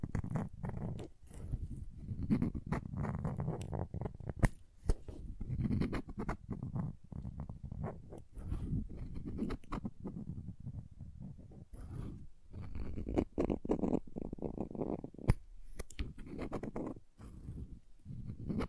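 Crayons scrape, carve and tap against a surface in dense, continuous strokes with a low, grainy rasp. Sharp taps and clicks cut through at irregular moments, with brief pauses near 4.5, 12 and 17 seconds before the scratching resumes.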